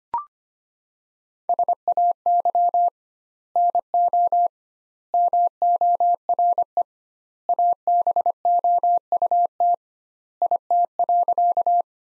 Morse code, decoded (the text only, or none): SAY NO MORE ABOUT IT.